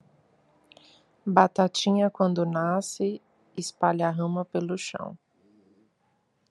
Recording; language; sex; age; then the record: short text; Brazilian Portuguese; female; 30 to 39 years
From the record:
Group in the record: control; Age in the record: 31 years